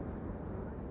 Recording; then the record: background sound without coughing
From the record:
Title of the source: Train Ride Ambience ambient white noise for sleeping, focus, studying, reading